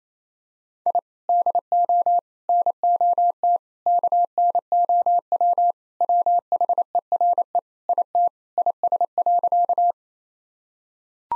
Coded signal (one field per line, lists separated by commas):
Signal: Morse code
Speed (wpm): 28 wpm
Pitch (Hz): 700 Hz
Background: none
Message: I DO NOT KNOW WHERE IT IS.